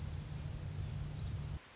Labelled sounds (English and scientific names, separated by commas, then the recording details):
Orange-crowned Warbler (Leiothlypis celata)
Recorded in Sonoma County, California